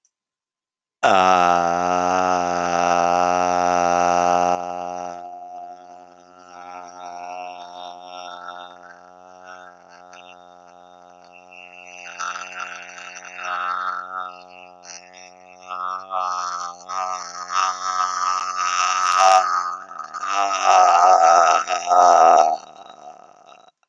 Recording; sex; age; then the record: vowel held as long as possible; male; 50 to 59 years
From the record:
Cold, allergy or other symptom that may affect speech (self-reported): no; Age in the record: 58 years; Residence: Michigan, United States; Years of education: 12